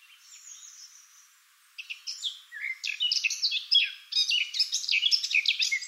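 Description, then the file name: Eurasian blackcap with a quiet thin warble, a short gap, then an energetic, varied fluty song of rapid rising and falling notes. "Sylvia atricapilla"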